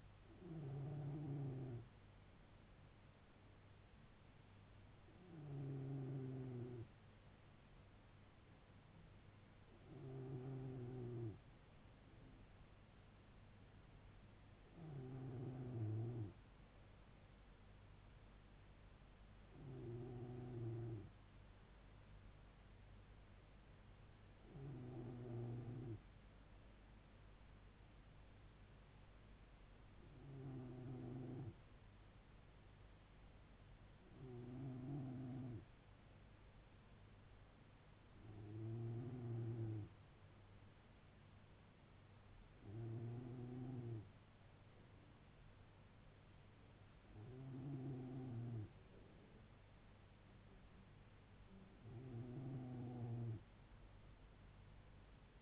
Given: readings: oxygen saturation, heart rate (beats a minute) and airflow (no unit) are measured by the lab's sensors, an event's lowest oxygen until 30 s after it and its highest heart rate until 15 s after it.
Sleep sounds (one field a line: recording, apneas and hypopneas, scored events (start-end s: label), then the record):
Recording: breathing in sleep by a voice recorder at the bedside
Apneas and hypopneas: none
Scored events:
13.00-55.42 s: new sleep stage, N3 (deep sleep)
From the record:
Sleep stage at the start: N2 (light sleep)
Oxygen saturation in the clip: 94 to 95%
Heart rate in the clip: 69 to 74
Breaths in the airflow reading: 13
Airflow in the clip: -3.2 to 2.3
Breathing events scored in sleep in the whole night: 158 in 7.3 hours asleep